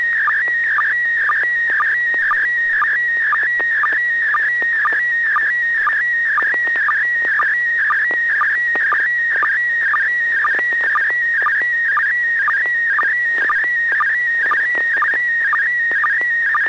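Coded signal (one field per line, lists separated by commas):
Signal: SSTV (slow-scan television)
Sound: warbling, chirping tone in the upper midrange with steady rhythmic ticks, continuous throughout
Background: low steady hum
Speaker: have a good copy here we'll let Bob comment first n6 tgq okay well we have uh what looks like three apples on the top and an apple and a half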